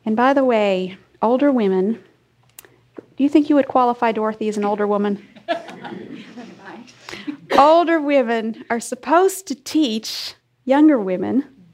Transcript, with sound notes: By the way, older women—do you think you would qualify, Dorothy, as an older woman? (laughter) Older women are supposed to teach younger women,